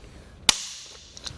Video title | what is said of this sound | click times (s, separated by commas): Beginner’s Guide to Installing the Inno Aero Roof Rack for Naked Roofs on a 2020 Chevrolet Equinox | we go that was our click once | 0.5 s